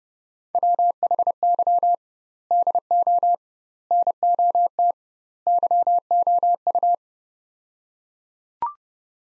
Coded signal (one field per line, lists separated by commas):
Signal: Morse code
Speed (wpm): 30 wpm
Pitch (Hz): 700 Hz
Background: none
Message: WHY DO NOT YOU